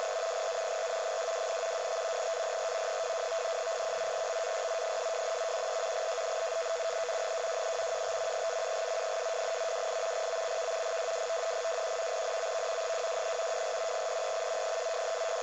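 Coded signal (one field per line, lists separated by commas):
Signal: NAVTEX (SITOR-B)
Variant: 100 baud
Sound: continuous rapid warbling between two close tones over steady radio hiss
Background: radio static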